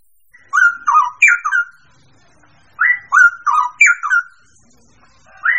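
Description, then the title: Bird song: a quick phrase of four or five falling, whistled notes, given twice, with a third phrase just starting. "manuk campur"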